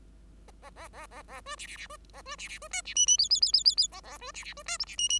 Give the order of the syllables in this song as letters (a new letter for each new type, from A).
A A A A A B C C C B A B C C B D C E E F F F F F F A A B C C B D G C E E